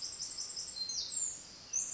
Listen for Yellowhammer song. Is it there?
no